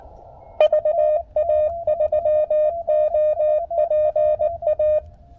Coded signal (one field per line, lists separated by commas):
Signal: Morse code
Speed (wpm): 19 wpm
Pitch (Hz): 610 Hz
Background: none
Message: VA3OPA